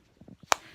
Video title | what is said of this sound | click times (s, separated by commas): Revue huda beauty sapphire obsessions | Oula, d'accord. Donc elle se clipse, voilà. | 0.5 s